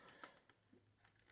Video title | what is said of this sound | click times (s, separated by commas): Poe Dameron's X-wing - The Vintage Collection - Star Wars Toy Review | um you can't even see it it's like right here this top one opens them they click into place | 0.2 s